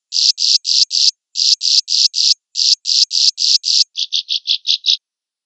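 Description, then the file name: Swiftlet chirps: two sets of four coarse, buzzy notes and one set of five, with short pauses between, ending in a fast series of six shorter, clicking chirps; otherwise quiet. "suara burung walet"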